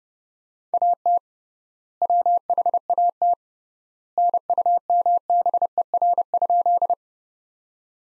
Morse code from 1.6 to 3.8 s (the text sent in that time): WHAT